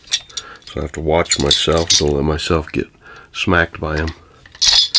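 A spring-loaded bipod leg on a Zastava M72B1 rifle is handled at its retaining clip on the bottom while someone talks, with a few brief sharp sounds near 0.1–0.4 s and 4.5 s. Nothing has seated or clicked yet; the leg has not locked into its deployed position by the end.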